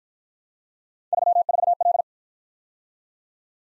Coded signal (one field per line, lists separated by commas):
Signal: Morse code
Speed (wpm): 52 wpm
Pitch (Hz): 700 Hz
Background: none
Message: 34L